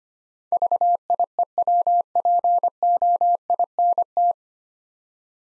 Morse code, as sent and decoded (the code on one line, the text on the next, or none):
...- .. . .-- .--. --- .. -. -
VIEWPOINT